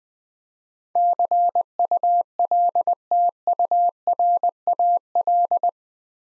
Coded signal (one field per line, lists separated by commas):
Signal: Morse code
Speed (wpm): 20 wpm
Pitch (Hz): 700 Hz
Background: none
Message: CULTURAL